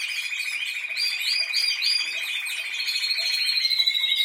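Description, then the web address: Canary song: a long, fast rolling trill held on one pitch, overlaid with bright, higher warbled notes and a thin whistle near the end. "Golchin Best Canari Seda Canari. Niyaz Music)"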